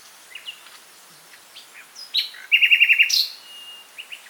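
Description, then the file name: Common nightingale song phrase: scattered soft chirps, then a loud rapid trill of about six bright repeated notes, followed by a loud note, a thin level whistle and a few quieter notes. "Luscinia megarhynchos"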